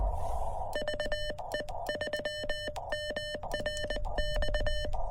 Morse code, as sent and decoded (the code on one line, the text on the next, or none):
...- . ...-- -- .-. -..-
VE3MRX